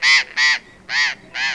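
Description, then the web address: Burrowing parrot giving four loud, harsh, nasal screeches in steady succession, each about a fifth of a second long. "parrots cyanoliseus-patagonus"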